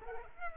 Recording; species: mosquito wingbeat signal from an infrared sensor; Culex pipiens